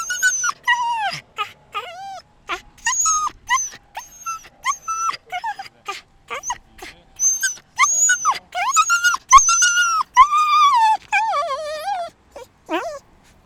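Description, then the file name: Dogs yelping in rapid, uneven bursts of high, arched cries, some rising and falling, with brief pauses between volleys. "freesound Dogs Yelping"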